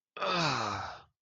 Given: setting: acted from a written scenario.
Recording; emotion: vocal sound without words; distress